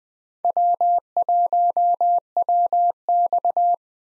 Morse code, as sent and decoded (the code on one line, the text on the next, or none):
.-- .---- .-- -..-
W1WX